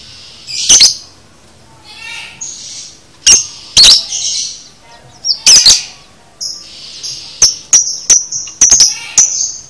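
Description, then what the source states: Lovebird screeching loudly several times, then a quicker string of sharp chirps in the last few seconds. Masteran (training audio) for teaching a lovebird the konslet chatter style.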